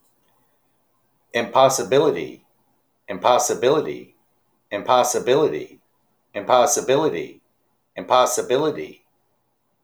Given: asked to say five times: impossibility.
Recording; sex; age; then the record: repeated word; male; 50 to 59 years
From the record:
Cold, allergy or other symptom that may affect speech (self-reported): no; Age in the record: 56 years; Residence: North Carolina, United States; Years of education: 16